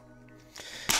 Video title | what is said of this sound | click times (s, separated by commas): Transporter / kobiałka na słoiki z miodem #transporter #kobiałka #nosidełko #miód #pasieka | dwa zatrzaski nam wskakują słychać | 0.9 s